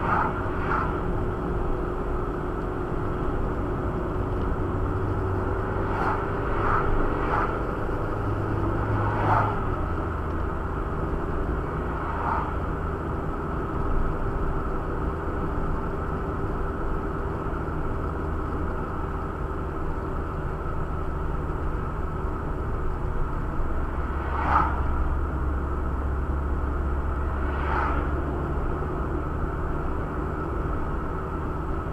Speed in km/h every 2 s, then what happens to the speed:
54, 54, 54, 60, 62, 60, 59, 59, 60, 59, 58, 56, 52, 51, 57, 58.
4-7 speeds up to 62. 7-21 steady at about 59. 21-27 slows to 51. 27-32 speeds up to 58.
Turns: none.